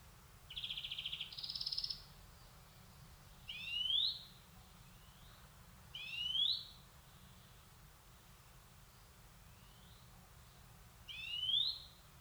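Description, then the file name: European greenfinch calls: an opening buzzy trill stepping up in pitch, then three louder rising whistled upslurs at uneven intervals, with fainter upslurs between. "Chloris chloris"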